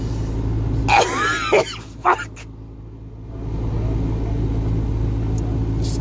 Coughing too much. Got sick halfway through making this one, no it isn't covid I got tested.